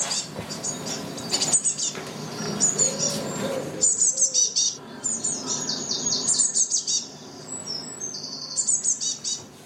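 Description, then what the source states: Eurasian blue tit giving thin, very high chirps and short trilled bursts, scattered irregularly throughout over a soft background hiss. Small insectivorous passerine of the tit family; normal call 40 to 50 decibels, alarm call 50 to 60 decibels.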